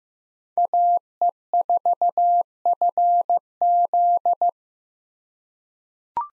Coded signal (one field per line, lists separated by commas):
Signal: Morse code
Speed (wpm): 15 wpm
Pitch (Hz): 700 Hz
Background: none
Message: AE4FZ